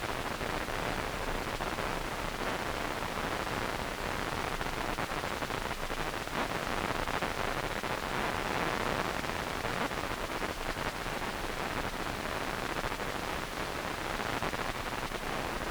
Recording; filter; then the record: brain microelectrode recording played as sound; wide band, above 20 Hz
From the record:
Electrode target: subthalamic nucleus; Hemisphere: right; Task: reaching with the left hand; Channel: 2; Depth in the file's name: 5.102 mm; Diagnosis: Parkinson's disease